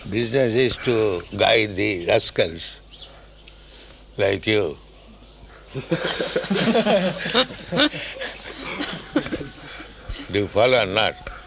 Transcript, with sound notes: Business is to guide the rascals like you. [laughter] Do you follow or not?